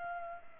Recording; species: mosquito wingbeat signal from an infrared sensor; Culex pipiens